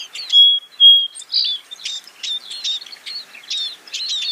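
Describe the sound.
Scaly-breasted munia calls: two clear, level whistles open the sequence, followed by a rapid series of high, twittering chips.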